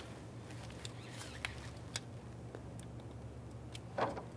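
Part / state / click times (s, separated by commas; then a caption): wiring harness connector into camshaft position sensor / seated / 1.4 s. A wiring harness connector is pressed onto a new left camshaft position sensor on a 2006-2012 Ford Fusion, with a steady low hum underneath. The connector clicks into place at 1.5 s, the sharpest of several short ticks, with others near 0.9, 2.0 and 3.8 s and a louder rustle around 4.0 s. The connector is seated.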